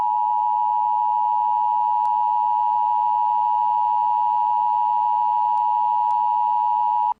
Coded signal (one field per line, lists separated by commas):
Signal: Emergency Alert System (SAME) tones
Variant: 853 and 960 Hz attention tone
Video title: Arrowverse EAS 1: Flash 1.01